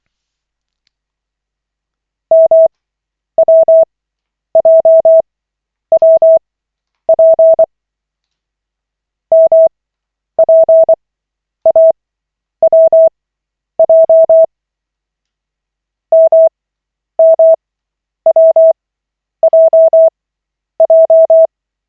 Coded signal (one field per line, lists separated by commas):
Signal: Morse code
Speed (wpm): 24 wpm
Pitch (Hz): 650 Hz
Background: none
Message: MWJWP MPAWJ MMWJJ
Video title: Koch 14/40, 27.01.2025, CW practice session